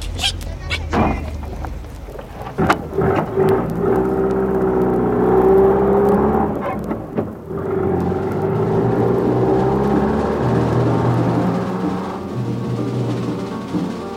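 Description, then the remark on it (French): A red and green taxi drives out of Geneva along the road to Nyon in the rain, its engine a steady, loud droning hum whose pitch rises and shifts as it gathers speed, with a few sharp clicks and knocks near the start. “Le taxi rouge et vert sort de Genève et prend la route de Nyon.”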